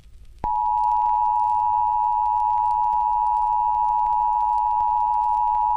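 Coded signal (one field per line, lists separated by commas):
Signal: Emergency Alert System (SAME) tones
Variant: 853 and 960 Hz attention tone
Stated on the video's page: Fictional EAS scenario about an eclipse.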